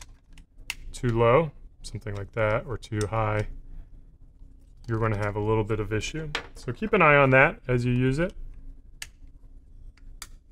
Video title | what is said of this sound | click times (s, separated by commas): Best Beard Trimmer for Short Beards 2021 | once you get the hang of it it pops right in | 10.2 s